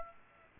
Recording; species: mosquito wingbeat signal from an infrared sensor; Aedes aegypti